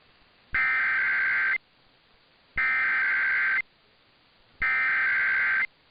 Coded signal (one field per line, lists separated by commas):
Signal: Emergency Alert System (SAME) tones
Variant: header bursts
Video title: [EAS #2297-#2305] KLLI Weekly Test & 2023 NWS Tsunami Communications Drill